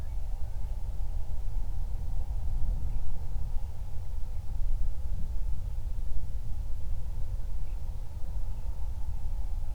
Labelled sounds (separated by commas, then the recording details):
bird, wind
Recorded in the Prudhoe Bay oil fields, Alaska, on 31 July 2019 at 08:23
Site 24